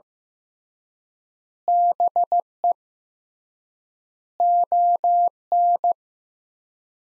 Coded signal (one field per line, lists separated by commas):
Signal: Morse code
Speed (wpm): 15 wpm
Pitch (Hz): 700 Hz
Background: none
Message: BE ON